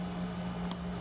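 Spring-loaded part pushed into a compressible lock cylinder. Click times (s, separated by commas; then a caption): 0.7 s. After its springs are balanced, a spring-loaded part of a Schlage Compressible F series lock cylinder is pushed down until it snaps into place. A single sharp, loud, short click sounds at 0.7 s over a steady low hum. The part seats, though an issue is noted right afterward that may mean it is not fully right.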